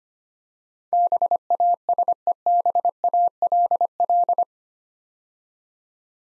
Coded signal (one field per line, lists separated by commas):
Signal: Morse code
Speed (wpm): 25 wpm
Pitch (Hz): 700 Hz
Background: none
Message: BASEBALL